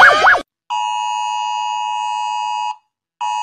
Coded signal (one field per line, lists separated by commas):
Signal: Emergency Alert System (SAME) tones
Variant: 853 and 960 Hz attention tone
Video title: 🌳 Gacha Life 🌳|🚨 SWP Rate EAS Alarms 🚨 (Old Video)